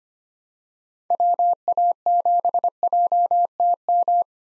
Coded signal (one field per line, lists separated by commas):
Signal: Morse code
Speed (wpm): 25 wpm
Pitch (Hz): 700 Hz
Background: none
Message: WA7JTM